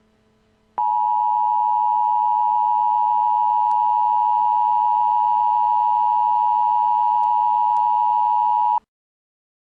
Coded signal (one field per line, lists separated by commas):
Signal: Emergency Alert System (SAME) tones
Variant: 853 and 960 Hz attention tone